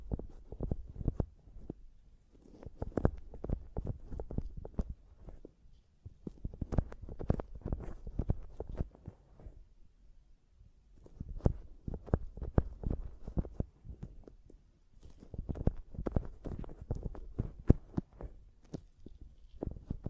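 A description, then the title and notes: Tapping and scratching on a microphone, heard as bursts of rapid, thumping knocks with a low, heavy body and some brighter scraping edges. The bursts come in clusters of a few seconds each, roughly every four seconds, separated by short quiet gaps. ASMR Mic Tapping and Scratching (No Talking).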